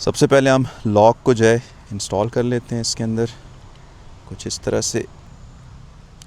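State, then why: Seated. A plastic lock piece is fitted into the mount of an inflatable crash bar bag for a CFMOTO 450MT motorcycle while someone talks. A sharp, short click is heard at 6.2 s as the lock seats and is fixed in place.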